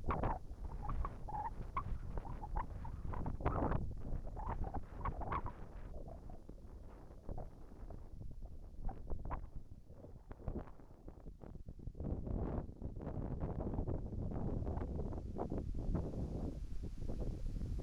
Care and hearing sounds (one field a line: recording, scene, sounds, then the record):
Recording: everyday scene through a hearing-aid microphone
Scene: wind on the microphone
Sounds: wind, whistling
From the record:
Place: in front of a rural house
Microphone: behind the ear, right, rear